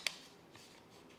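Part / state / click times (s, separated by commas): plastic headset component onto VR headset at USB port and dowel / not seated / none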